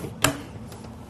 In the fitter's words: in this case we have to line this box up so it'll swivel and lock into place